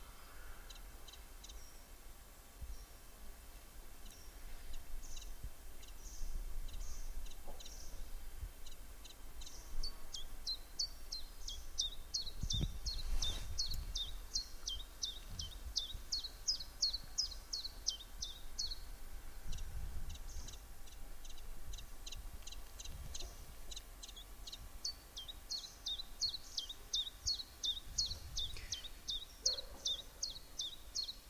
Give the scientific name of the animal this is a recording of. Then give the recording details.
Phylloscopus collybita. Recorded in the wild. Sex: male. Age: adult. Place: Halbinsel Kindo, Karelien, RU. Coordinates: 66.5503, 33.1017. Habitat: taiga. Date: 1991-07-23. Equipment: Uher 4000 Report Monitor ME 80, K 30 AV, Original. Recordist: Frommolt, Karl-Heinz